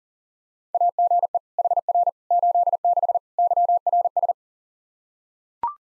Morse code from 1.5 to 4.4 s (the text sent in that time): HR 86 YRS